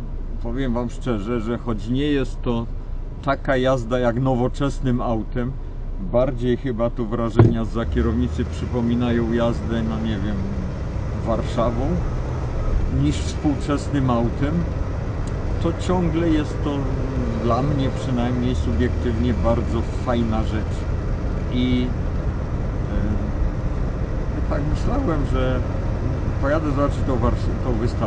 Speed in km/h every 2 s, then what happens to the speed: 0, 0, 0, 0, 9, 22, 30, 36, 41, 45, 48, 50, 52, 54.
0-7 standing. 7-28 pulls away to 54.